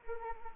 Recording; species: mosquito wingbeat signal from an infrared sensor; Anopheles arabiensis